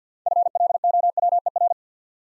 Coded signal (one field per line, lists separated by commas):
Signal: Morse code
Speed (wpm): 50 wpm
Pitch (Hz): 700 Hz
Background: none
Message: FLOWER